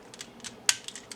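A tight hooked plastic clasp on a Transformers MPG-12 purple mirror Optimus Prime toy robot is pushed into its hole to hold a panel in place, the clasp gripping too tightly. A few faint plastic ticks lead up to one loud, sharp snap at 0.7 s, followed by a couple of softer clicks. The clasp is seated and clipped on.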